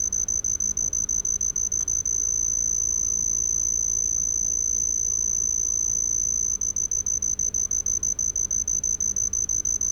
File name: Homoeoxipha lycoides